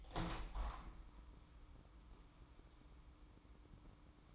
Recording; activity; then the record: daily activity, microphone in the room; open window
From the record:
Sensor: 1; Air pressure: 998.0 hPa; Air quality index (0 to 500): 119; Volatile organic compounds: 3 ppm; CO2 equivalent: 1420 ppm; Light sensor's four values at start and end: 17/57/23/23 and 17/57/23/23